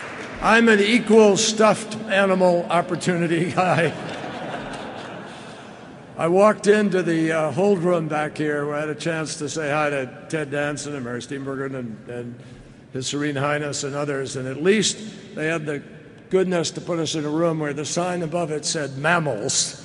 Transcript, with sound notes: I'm an equal stuffed animal opportunity guy. (Laughter.)
I walked into the hold room back here where I had a chance to say hi to Ted Danson and Mary Steenburgen and His Serene Highness and others, and at least they had the goodness to put us in a room where the sign above it said ''mammals,